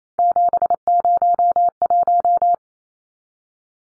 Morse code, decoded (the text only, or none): 701